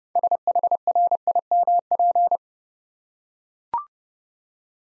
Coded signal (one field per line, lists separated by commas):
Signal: Morse code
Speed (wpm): 29 wpm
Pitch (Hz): 700 Hz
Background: none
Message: SHRIMP